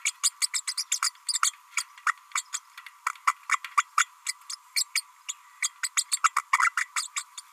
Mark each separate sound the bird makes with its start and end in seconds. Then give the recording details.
0.05-0.12, 0.23-0.31, 0.42-0.47, 0.53-0.61, 0.67-0.74, 0.77-0.84, 0.91-0.99, 1.02-1.10, 1.33-1.39, 1.42-1.52, 1.76-1.83, 2.06-2.13, 2.35-2.42, 2.53-2.59, 3.06-3.09, 3.27-3.35, 3.51-3.59, 3.77-3.84, 3.97-4.07, 4.26-4.34, 4.49-4.55, 4.76-4.85, 4.95-5.03, 5.28-5.34, 5.62-5.70, 5.83-5.88, 5.96-6.04, 6.11-6.20, 6.23-6.31, 6.36-6.43, 6.58-6.72, 6.76-6.88, 6.96-7.08, 7.16-7.23, 7.37-7.41. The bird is a female. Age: 31 days. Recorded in a nest box in Venezuela. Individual 17B32A5